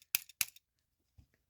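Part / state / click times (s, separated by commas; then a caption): motor unit in a die-cast toy car body / released / 0.2 s, 0.4 s. A small motor unit is worked loose from the body of a vintage 1970s Hot Wheels die-cast toy car. Two sharp metal/plastic snaps ring out at 0.2 s and 0.4 s, followed by a brief faint low knock near 1.2 s. The motor pops out and is released from the car body.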